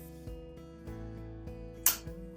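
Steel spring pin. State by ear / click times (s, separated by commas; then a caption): seated / 1.9 s. The second quick-release locking pin on the arm mount of a Morecare EasyLift transfer chair snaps into its hole on the metal frame. A sharp, bright click at 1.9 s stands out over faint, steady background tones. The pin locks in and is seated.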